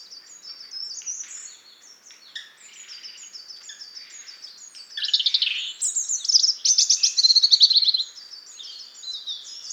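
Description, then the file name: European robin singing thin, high twittering notes that build into a louder burst of rapid sputtering trills and bright whistles near the end. "Erithacus rubecula"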